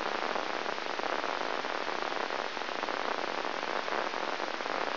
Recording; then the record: brain microelectrode recording played as sound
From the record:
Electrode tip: inside the subthalamic nucleus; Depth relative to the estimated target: -1.5 mm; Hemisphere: left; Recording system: AlphaMap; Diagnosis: Parkinson's disease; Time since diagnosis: 20 years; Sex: female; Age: 65 years